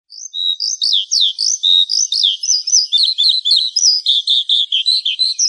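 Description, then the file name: Horsfield's bush lark song: a rapid, varied stream of high chirps and slurred whistles, about four notes a second, continuous and lively with no other sounds. "suara burung branjangan"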